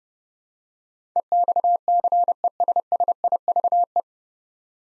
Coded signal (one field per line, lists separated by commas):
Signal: Morse code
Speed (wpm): 30 wpm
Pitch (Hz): 700 Hz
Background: none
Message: EXCESSIVE